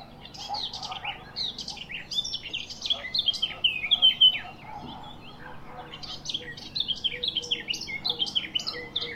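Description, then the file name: Eurasian blackcap song: two long runs of rapid jumbled warbling with a brief quieter gap between them, over a low background hum. "Sylvia atricapilla"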